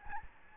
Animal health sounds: mosquito wingbeat signal from an infrared sensor; Aedes albopictus

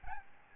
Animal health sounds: mosquito wingbeat signal from an infrared sensor; Aedes albopictus

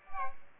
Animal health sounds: mosquito wingbeat signal from an infrared sensor; Aedes aegypti

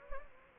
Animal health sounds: mosquito wingbeat signal from an infrared sensor; Anopheles gambiae

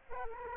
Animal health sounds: mosquito wingbeat signal from an infrared sensor; Aedes aegypti

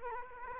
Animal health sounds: mosquito wingbeat signal from an infrared sensor; Culex quinquefasciatus

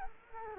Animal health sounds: mosquito wingbeat signal from an infrared sensor; Culex quinquefasciatus

